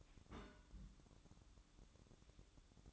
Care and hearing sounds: daily activity, microphone in the room; place on stove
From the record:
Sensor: 3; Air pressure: 1008.0 hPa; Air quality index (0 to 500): 116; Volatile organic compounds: 1 ppm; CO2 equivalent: 963 ppm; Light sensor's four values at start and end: 8/20/8/8 and 8/20/8/8

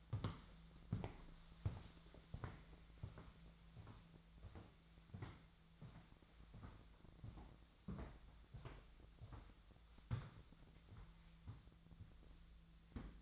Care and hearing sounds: daily activity, microphone in the room; walk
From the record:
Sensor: 3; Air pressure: 1008.3 hPa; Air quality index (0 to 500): 191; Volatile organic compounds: 14 ppm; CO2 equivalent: 2458 ppm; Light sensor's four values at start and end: 17/42/18/18 and 17/41/17/18

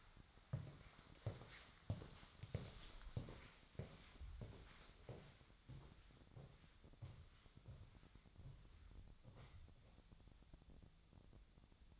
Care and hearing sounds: daily activity, microphone in the room; walk to room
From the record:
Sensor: 3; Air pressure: 1010.1 hPa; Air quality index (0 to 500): 178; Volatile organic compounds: 12 ppm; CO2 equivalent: 2324 ppm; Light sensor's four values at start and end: 39/98/42/46 and 41/101/44/47

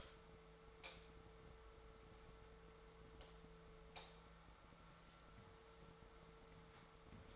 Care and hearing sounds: daily activity, microphone in the room; light on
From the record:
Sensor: 3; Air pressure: 1014.6 hPa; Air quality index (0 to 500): 182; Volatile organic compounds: 19 ppm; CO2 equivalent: 2651 ppm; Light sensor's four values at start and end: 14/34/14/14 and 16/43/17/18

